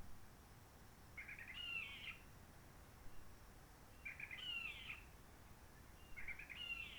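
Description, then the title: Réunion bulbul song: short burry, warbled phrases with a fluted slur, repeated about every three seconds over faint steady background hiss. Roche Merveilleuse forest, Réunion; quiet since 19 March 2020 lockdown, no hikers, microlights or helicopters; sunny blue sky; birds not very active; bulbul sings simpler, short phrases, habituated to aircraft noise pollution. "Roche Merveilleuse, Réunion - Merle de lîle de la Réunion."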